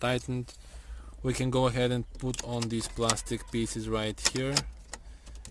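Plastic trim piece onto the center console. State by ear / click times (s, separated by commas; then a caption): not seated / none. Someone talks while handling a plastic trim piece for the center console of a Mercedes CLK W209 / C209 / W203 being retrofitted with the upgraded facelift interior, with a few brief sharp handling sounds near the end. The piece is slid under the edge and pressed on, but nothing has seated or clicked into place yet.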